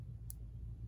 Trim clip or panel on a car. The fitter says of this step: There it goes. I heard it pop.